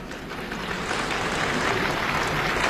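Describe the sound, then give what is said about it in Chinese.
An audience claps steadily for a few seconds after a performer sings a very high line, a dense, even wash of many hands with no voices standing out, holding at a moderate level throughout. “你看人这同志们一鼓掌，这是了解我，就是知道我怎么个意思。”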